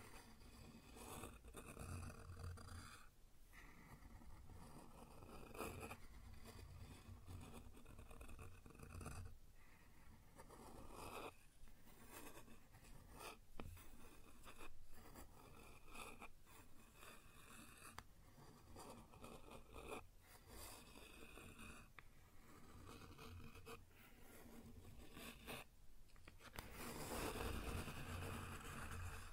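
Wood surface scratched and rubbed in a dense, continuous rasp, broken by sharp taps every few seconds, with louder scraping near the end.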